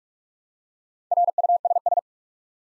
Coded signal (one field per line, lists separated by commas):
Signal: Morse code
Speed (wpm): 46 wpm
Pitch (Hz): 700 Hz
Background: none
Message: RUSS